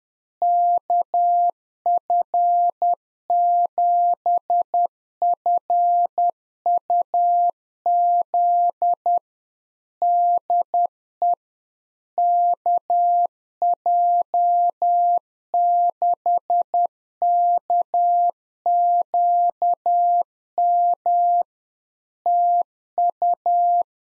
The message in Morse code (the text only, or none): KF7FUZ DE KJ6KQM TU